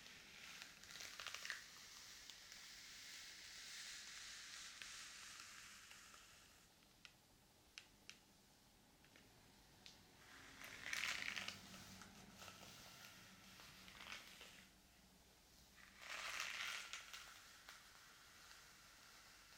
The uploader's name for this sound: Hair Brushing and Scalp Massage